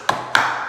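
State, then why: Seated. A cordless mini blind's headrail is pushed up into its wall-mounted plastic/metal mounting clips. Two sharp snaps ring out at 0.1 s and 0.4 s, the second slightly louder with a brief ringing tail. The headrail is seated firmly in the brackets.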